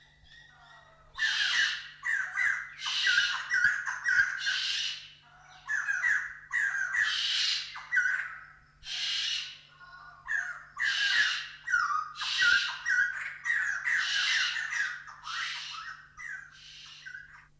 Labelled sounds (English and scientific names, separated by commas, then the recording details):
White-crested Laughingthrush (Garrulax leucolophus)
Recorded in captivity
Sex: pair
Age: adult
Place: Zoo Halle, Sachsen-Anhalt, DE
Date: 1993-04-26
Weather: heiter, 26 °C
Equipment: Sony WM-D6C, Sony ECM-939 LT, Kopie Uher Variocord 263
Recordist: Tembrock, Günter